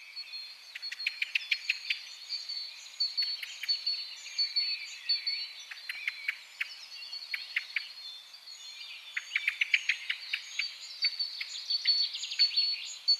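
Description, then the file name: Common blackbird calling in repeated sharp chinks. The clicks come in uneven clusters throughout, set against a busy background of other birds and a steady high drone. "Turdus merula"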